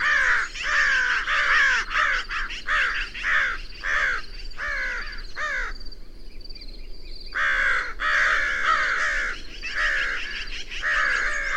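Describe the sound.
Bird calls: harsh, nasal caws repeated rapidly, a brief lull near six seconds, then the cawing resumes loudly.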